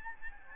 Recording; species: mosquito wingbeat signal from an infrared sensor; Aedes albopictus